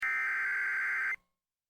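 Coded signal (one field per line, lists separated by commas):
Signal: Emergency Alert System (SAME) tones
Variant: header bursts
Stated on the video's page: Severe thunderstorm warning aired on an FM radio station.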